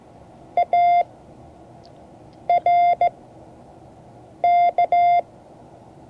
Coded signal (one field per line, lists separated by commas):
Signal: Morse code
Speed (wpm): 16 wpm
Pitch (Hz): 700 Hz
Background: none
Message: ARK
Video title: Morse code class 2024-07-23 (2 of 12)